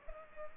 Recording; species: mosquito wingbeat signal from an infrared sensor; Culex pipiens